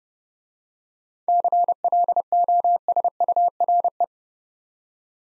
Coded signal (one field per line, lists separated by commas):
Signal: Morse code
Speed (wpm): 30 wpm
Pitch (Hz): 700 Hz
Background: none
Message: CLOSURE